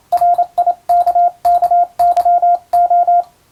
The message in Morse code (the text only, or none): RIKKYO